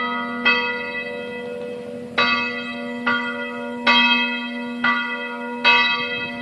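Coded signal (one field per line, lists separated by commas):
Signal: bell signal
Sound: a large church bell swinging, six ringing strokes at uneven intervals over a low hum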